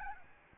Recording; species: mosquito wingbeat signal from an infrared sensor; Aedes albopictus